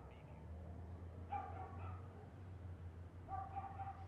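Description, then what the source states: Dog giving short, high yaps, a few spaced apart, over a constant low droning hum. Constant yapping from a dog in a neighborhood background.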